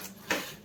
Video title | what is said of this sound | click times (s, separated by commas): எங்களோட பல நாள் ஆசை நிறைவேறும் nu எதிர்பாக்கல ❤️மகிழ்ச்சியான தருணம் ❤️ @RoobiVibes #trending | அதோ லாக் ஆகுது எப்படி லாக்கு உள்ள இப்படி அழுத்தி லாக் பண்ணனும் | 0.3 s